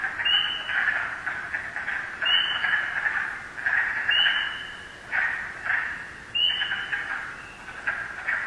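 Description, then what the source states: Spring peeper calling with sharp, upward-slurred peeps roughly every two seconds over a dense, steady chorus of other calling frogs. First spring peepers heard calling this season.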